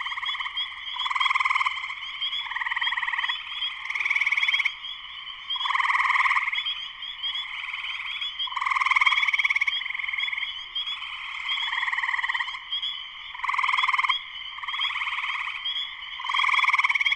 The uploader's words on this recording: Spring peepers (chorus frogs) in full chorus shortly after sunset in the Sleeping Bear Dunes National Lakeshore in northern Michigan, USA. Recorded by Darrin Wassom. Spring peepers (chorus frogs) in concert.